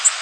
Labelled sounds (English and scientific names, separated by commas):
Golden-cheeked Warbler (Setophaga chrysoparia) flight call